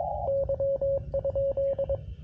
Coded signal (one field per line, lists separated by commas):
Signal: Morse code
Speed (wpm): 22 wpm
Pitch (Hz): 550 Hz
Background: radio noise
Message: Y?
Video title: QRP Labs QMX CW POTA On 10 Meters